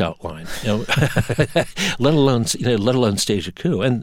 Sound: laughter

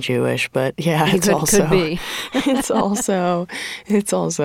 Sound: laughter

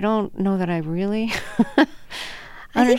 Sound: laughter

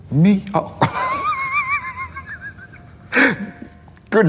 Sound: laughter

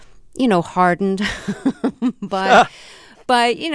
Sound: laughter

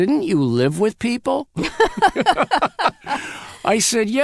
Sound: laughter

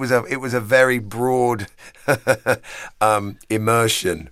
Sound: laughter

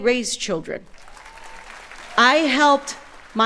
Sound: applause

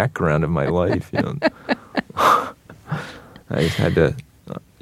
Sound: laughter

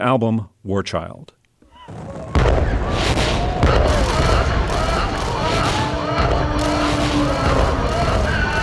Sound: soundbite of bombs, guns firing, indistinct voices

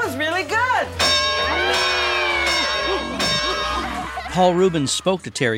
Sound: soundbite of bell and cheering

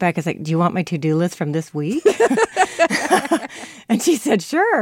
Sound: laughter

